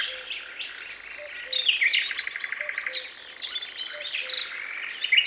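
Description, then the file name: Birds chirping, a mix of quick twittering notes and short rapid trills overlapping. Chirping heard in a forest. "Peaceful bird chirps in forest"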